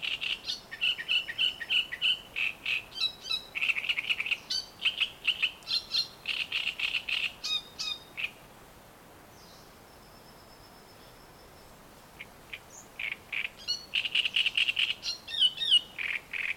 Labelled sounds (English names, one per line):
Great Reed Warbler